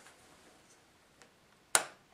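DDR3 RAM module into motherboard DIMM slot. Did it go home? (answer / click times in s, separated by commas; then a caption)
yes / 1.8 s. A DDR3 memory stick, lined up with the notch in the slot, is pushed down into a motherboard DIMM slot. After quiet background and a faint tick at 1.2 seconds, a loud, sharp click at 1.8 seconds marks the module snapping into place, seated.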